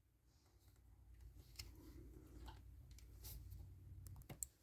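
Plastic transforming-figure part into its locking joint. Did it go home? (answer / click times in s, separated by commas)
no / none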